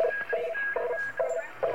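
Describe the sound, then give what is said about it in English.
A shortwave radio signal pulses through steady static, its mid-pitched tones repeating in short rhythmic bursts a few times a second, with a thin higher whine running alongside and no voices. “Whoa, something just flew by there. And it's a definite signal. Yeah, it's probably shortwave radio from God knows where.”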